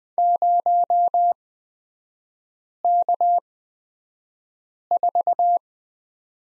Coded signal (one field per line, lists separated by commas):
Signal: Morse code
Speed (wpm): 20 wpm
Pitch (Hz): 700 Hz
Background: none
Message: 0K4